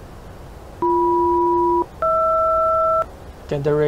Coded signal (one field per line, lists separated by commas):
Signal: aircraft SELCAL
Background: speech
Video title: 대서양 건너는 법 : oceanic clearance, position report, SELCAL / 밧심 Cross the pond 비행 전 필독